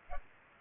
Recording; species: mosquito wingbeat signal from an infrared sensor; Culex pipiens